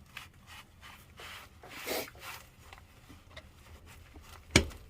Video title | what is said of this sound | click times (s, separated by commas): Honda Accord transmission swap. will it run🤔 | Once you hear that click, that axle ready to come out. | 4.6 s